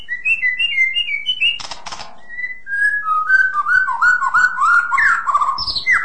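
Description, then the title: White-rumped shama song, a run of rich whistled notes broken by harsh rasping bursts, with faint high chirps behind. A mix of several birds featuring the white-rumped shama. "Burung Campur. Murai Batu"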